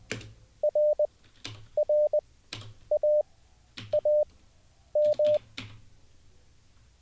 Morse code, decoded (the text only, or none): R R A A M